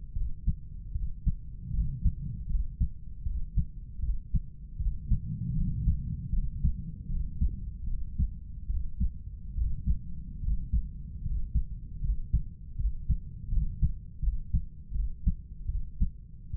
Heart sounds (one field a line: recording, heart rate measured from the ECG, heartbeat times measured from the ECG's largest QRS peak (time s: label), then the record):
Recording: heart sounds by stethoscope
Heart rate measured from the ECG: 77 bpm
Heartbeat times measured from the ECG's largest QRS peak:
0.16 s: heartbeat
0.95 s: heartbeat
1.74 s: heartbeat
2.50 s: heartbeat
3.26 s: heartbeat
4.03 s: heartbeat
4.80 s: heartbeat
5.56 s: heartbeat
6.33 s: heartbeat
7.09 s: heartbeat
7.87 s: heartbeat
8.69 s: heartbeat
9.57 s: heartbeat
10.43 s: heartbeat
11.25 s: heartbeat
12.03 s: heartbeat
12.79 s: heartbeat
13.52 s: heartbeat
14.23 s: heartbeat
14.95 s: heartbeat
15.69 s: heartbeat
16.55 s: heartbeat
From the record:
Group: healthy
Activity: cold pressor test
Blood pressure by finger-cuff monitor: 150/102 mmHg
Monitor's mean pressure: 114 mmHg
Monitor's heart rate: 79 bpm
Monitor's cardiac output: 7.8 L/min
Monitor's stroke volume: 100 mL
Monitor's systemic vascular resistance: 1090 dyn s/cm5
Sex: male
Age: 30 years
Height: 188 cm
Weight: 110.2 kg